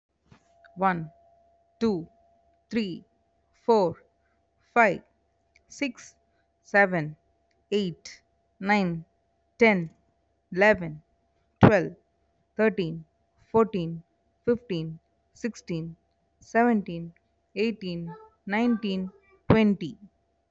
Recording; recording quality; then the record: counting at a normal pace; moderate, slight background noise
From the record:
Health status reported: respiratory illness, not identified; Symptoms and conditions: diabetes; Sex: female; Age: 32 years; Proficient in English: yes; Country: India